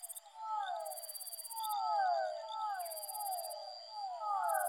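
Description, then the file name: Fischer's dwarf frog chorus of falling, whining calls in overlapping bunches, with intermittent bursts of high-pitched insect-like buzzing. Soundscape composition built from amphibian vocalizations. "soundscape with amphibian vocalizations of physalaemus fischeri"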